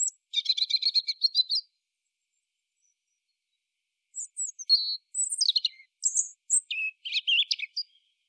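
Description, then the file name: European robin singing a short rapid trill, then after a pause a longer high phrase of varied whistles, slurred notes and twittering, with no other sounds. "Erithacus rubecula"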